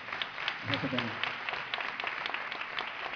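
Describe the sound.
An audience at a concert applauds steadily for a performer, many hands clapping in a dense, crackling wash that holds at an even level, with a brief low murmur of voices partway through.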